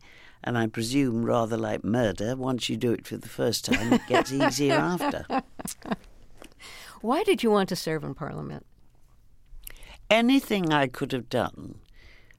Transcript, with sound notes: And I presume, rather like murder, once you do it for the first time...
(Laughter).
...It gets easier after.
Why did you want to serve in Parliament?
Anything I could have done